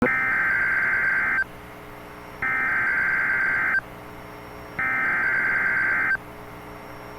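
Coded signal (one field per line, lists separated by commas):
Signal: Emergency Alert System (SAME) tones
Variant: header bursts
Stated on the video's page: Real, valid EAS tones from a severe thunderstorm warning.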